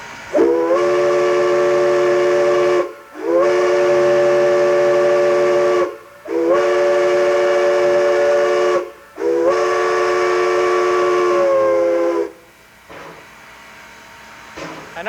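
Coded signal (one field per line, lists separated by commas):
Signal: train horn signal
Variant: steam locomotive whistle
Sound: four long steam whistle blasts, each about three seconds, with brief pauses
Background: steam hiss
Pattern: 4 long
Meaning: Four long blasts recall the flagman from the south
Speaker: First thing, I'll just blow one of those for you. We'll call the flagman in from the south.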